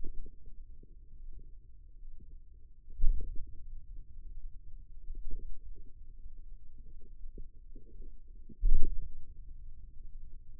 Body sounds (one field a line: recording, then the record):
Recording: forearm muscle sounds (acoustic myography)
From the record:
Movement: hand opening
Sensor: system 2, bracelet of six BSWA MPA416 microphones around the upper forearm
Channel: 2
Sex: male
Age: 22 years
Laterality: right